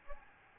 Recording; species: mosquito wingbeat signal from an infrared sensor; Aedes albopictus